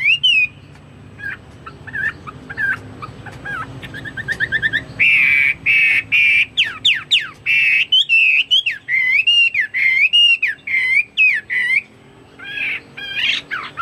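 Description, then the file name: Chinese hwamei delivering a varied song of sharp notes, a buzzy rasping phrase, then fast loud whistled slurs and sweeps. "omkicau hwamei"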